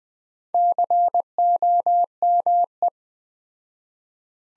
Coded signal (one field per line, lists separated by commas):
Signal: Morse code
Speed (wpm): 20 wpm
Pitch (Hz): 700 Hz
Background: none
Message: COME